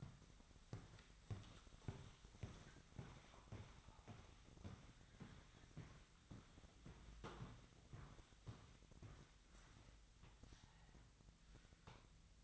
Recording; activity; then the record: daily activity, microphone in the room; walk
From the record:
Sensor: 3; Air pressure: 1001.5 hPa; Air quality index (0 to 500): 225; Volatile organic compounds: 32 ppm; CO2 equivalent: 2992 ppm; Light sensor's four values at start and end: 12/36/15/13 and 11/35/15/13